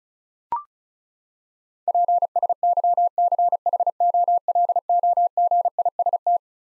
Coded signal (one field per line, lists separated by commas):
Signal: Morse code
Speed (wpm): 36 wpm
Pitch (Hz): 700 Hz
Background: none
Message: PSYCHOLOGIST